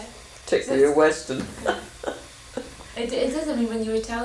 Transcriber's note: laughs